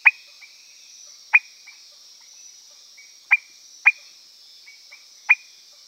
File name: Leptodactylus petersii